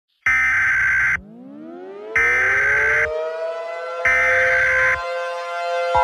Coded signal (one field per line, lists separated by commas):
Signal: Emergency Alert System (SAME) tones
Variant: header bursts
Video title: Acid Rain( A Mini Eas Scenario)